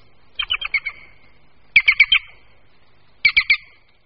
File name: Žluna-zelená